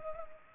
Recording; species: mosquito wingbeat signal from an infrared sensor; Culex pipiens